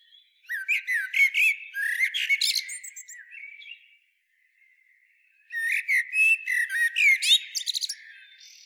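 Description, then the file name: Eurasian blackbird with two long runs of sharp, metallic clicking notes and squeaky whistled slurs, divided by a short silent gap. "Turdus merula"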